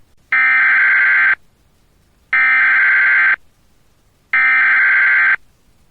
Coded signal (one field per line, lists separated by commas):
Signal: Emergency Alert System (SAME) tones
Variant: header bursts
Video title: EAS 2:35pm FLASH FLOOD WARNING for Bayamón & Guaynabo until 5:45pm 04-23-2023-14:34